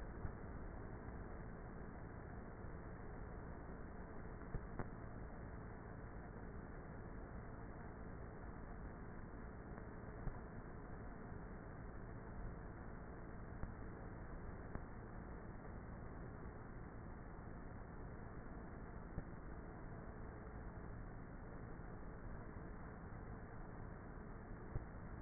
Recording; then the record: honeybee colony, microphone inside the hive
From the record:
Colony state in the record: queenless with a low population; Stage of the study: before two queens were removed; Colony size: about 30,000 bees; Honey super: no